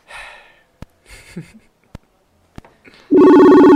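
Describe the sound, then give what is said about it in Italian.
After a few soft clicks and breaths, a phone's incoming-call ringtone bursts in, a loud, sustained, buzzy tone rich in harmonics that continues steadily to the end. “Eccolo, ora si È sente.”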